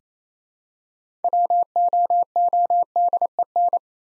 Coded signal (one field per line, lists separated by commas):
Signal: Morse code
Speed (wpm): 28 wpm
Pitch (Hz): 700 Hz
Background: none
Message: WOODEN